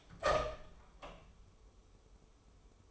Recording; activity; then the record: daily activity, microphone in the room; open door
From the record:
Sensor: 1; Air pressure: 1015.2 hPa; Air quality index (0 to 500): 165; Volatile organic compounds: 11 ppm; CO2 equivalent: 2287 ppm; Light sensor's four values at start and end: 14/33/14/15 and 14/33/14/15